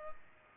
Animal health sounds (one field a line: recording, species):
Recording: mosquito wingbeat signal from an infrared sensor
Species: Culex pipiens